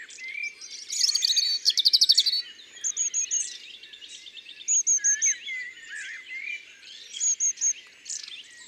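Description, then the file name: European robin song of high, liquid warbles and rapid rattling trills, broken by short pauses and repeated short clusters of thin high notes. "Rougegorge familier ABC des chants doiseaux"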